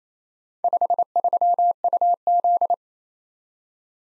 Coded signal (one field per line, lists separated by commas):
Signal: Morse code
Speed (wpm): 29 wpm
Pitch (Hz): 700 Hz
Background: none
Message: 53UZ